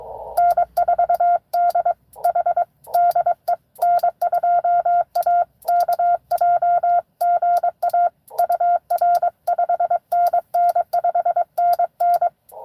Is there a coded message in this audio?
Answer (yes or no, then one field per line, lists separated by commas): yes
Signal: Morse code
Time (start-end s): 0.4-12.3 s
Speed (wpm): 22 wpm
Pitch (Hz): 700 Hz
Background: radio noise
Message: N4DH DE N2AKJ GA UR 5NN 5NN